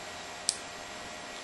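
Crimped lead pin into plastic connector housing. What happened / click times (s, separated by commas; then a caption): The crimped pin clicked into the connector housing / 0.5 s. A crimped metal pin is pushed into a plastic connector housing, and one sharp, bright click sounds at 0.5 s as its locking tang passes over the rectangular cut-out. The click stands out over a steady low hiss, and the pin is left seated nice and firm.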